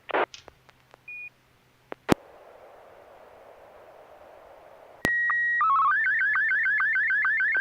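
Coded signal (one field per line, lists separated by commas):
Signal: SSTV (slow-scan television)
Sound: FM hiss, then steady high tone, then rhythmic warbling tone with regular low chirps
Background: FM radio hiss, brief speech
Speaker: Joel ai6 DG to go ahead and send a a picture when you're ready go ahead Joel I that's [Music] all right uh just received the photograph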